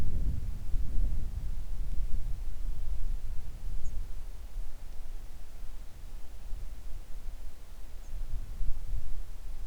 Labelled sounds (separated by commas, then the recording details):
wind
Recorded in the Arctic National Wildlife Refuge, Alaska, on 3 August 2019 at 10:41
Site 41